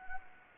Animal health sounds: mosquito wingbeat signal from an infrared sensor; Anopheles gambiae

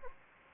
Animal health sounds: mosquito wingbeat signal from an infrared sensor; Anopheles gambiae

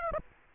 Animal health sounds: mosquito wingbeat signal from an infrared sensor; Aedes aegypti

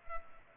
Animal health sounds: mosquito wingbeat signal from an infrared sensor; Culex pipiens

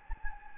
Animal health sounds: mosquito wingbeat signal from an infrared sensor; Anopheles gambiae

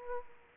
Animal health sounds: mosquito wingbeat signal from an infrared sensor; Aedes aegypti

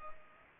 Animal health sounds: mosquito wingbeat signal from an infrared sensor; Culex pipiens

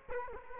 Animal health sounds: mosquito wingbeat signal from an infrared sensor; Culex quinquefasciatus

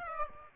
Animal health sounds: mosquito wingbeat signal from an infrared sensor; Aedes aegypti

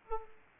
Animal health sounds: mosquito wingbeat signal from an infrared sensor; Aedes aegypti

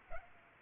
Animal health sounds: mosquito wingbeat signal from an infrared sensor; Culex pipiens

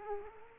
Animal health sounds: mosquito wingbeat signal from an infrared sensor; Culex quinquefasciatus

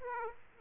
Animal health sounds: mosquito wingbeat signal from an infrared sensor; Aedes aegypti

